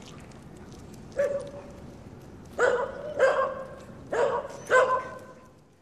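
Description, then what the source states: Dog barking: one bark, then a pause, then a series of four loud, harsh barks spaced about half a second to a second apart. Barking in a street at night.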